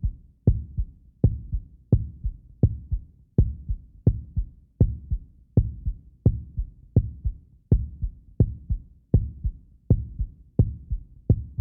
Heartbeat.